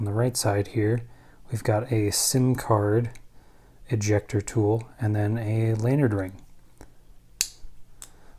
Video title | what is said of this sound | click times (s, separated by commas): Otacle P1 Multitool Review | pull out the lanyard ring here you can see it snaps into place although it doesn't lock | 7.4 s